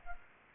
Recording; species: mosquito wingbeat signal from an infrared sensor; Culex quinquefasciatus